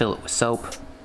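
A plastic detergent tank with its hose, filled with soap, is handled next to a pressure washer body while someone talks. A short sharp sound comes at the very end, around 1.1 s. Nothing has seated or clicked into place yet.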